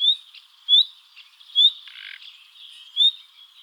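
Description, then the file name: Common nightingale uttering clear upslurred whistles at uneven intervals, with a short grating rattle in the middle. "Luscinia megarhynchos"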